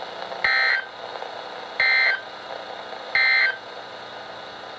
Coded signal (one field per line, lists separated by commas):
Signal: Emergency Alert System (SAME) tones